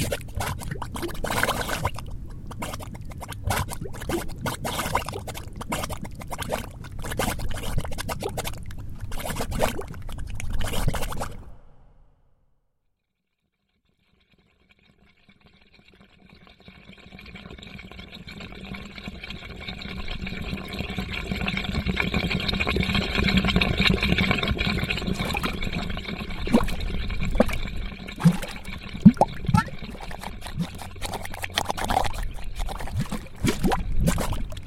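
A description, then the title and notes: Mudpots bubble and plop in thick, irregular bursts over a low churning rumble for the first eleven seconds, then the sound cuts out to near silence. From about sixteen seconds a steadier, hissing gurgle swells back up, with occasional louder pops through to the end. Sound Break: Mudpots.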